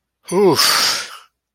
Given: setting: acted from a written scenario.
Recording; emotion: vocal sound without words; relief